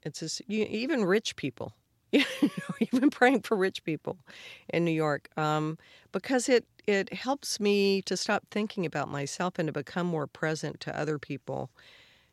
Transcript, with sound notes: It's just - even rich people (laughter), you know, even praying for rich people in New York because it helps me to stop thinking about myself and to become more present to other people,